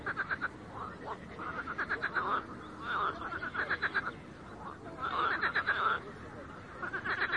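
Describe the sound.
Frogs croaking in short pulsed trills, several animals overlapping in an uneven chorus.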